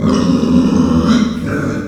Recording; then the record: squeal of a Yucatan mini pig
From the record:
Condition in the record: after surgery on the right vocal fold (resection and tissue-engineered implant); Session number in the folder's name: 9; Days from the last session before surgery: 65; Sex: female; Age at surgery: 19 weeks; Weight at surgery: 25 kg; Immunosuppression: prednisolone